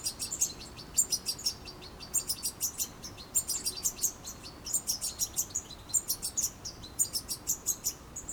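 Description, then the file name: European goldfinch calls, a steady stream of sharp, high tinkling chirps grouped in quick runs with brief gaps between them. "Carduelis carduelis"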